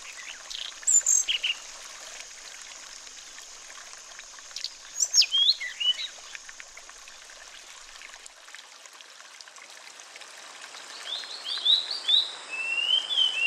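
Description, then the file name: Sulingan bird giving short bursts of high notes, then a run of descending whistles near the end, over a steady rush of flowing water. With flowing water, therapy recording. "terapi air mengalir burung sulingan"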